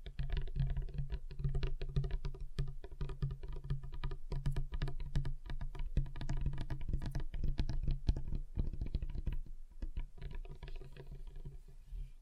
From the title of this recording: Table Tapping Different Surfaces